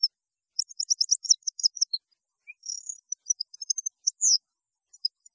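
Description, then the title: European goldfinch song, a dense and rapid high twitter of clipped chirps with a short buzzy trill partway through. "Chant Chardonneret"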